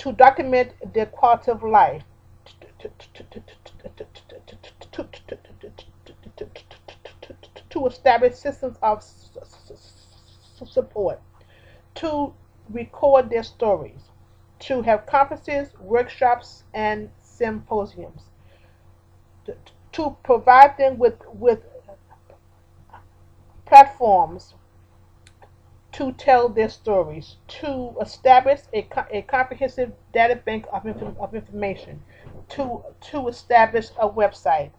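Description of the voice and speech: An adult African American woman who stutters reads aloud, with long silent blocks, prolonged sounds and repeated words and syllables, typical of stuttering.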